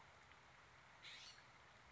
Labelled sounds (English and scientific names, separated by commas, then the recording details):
California Scrub-Jay (Aphelocoma californica)
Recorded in Sonoma County, California